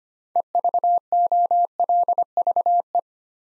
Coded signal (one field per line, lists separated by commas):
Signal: Morse code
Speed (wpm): 25 wpm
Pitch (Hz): 700 Hz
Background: none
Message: EVOLVE